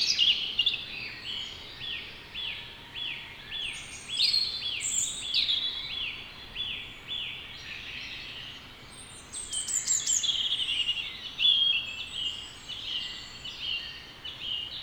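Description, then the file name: European robin singing a fast series of repeated high downslurred notes, followed by tumbling warbled phrases and scattered high trills. "Erithacus rubecula"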